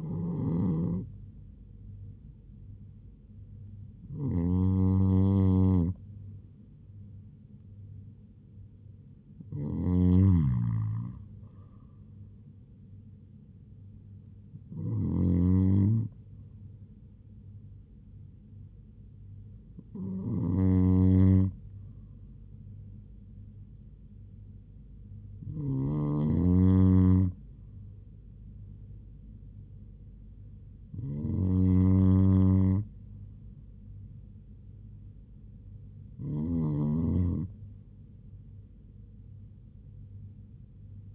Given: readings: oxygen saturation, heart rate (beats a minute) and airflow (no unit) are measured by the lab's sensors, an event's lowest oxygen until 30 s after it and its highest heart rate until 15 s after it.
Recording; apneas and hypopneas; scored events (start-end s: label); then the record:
breathing in sleep by a smartphone at the bedside; none
30.00-41.15 s: new sleep stage, REM sleep
From the record:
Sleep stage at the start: N2 (light sleep); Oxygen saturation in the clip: 96 to 98%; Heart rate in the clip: 76 to 80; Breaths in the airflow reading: 8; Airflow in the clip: -4.3 to 4.2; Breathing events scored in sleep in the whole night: 158 in 7.3 hours asleep